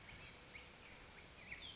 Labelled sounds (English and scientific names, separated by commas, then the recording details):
California Towhee (Melozone crissalis)
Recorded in Sonoma County, California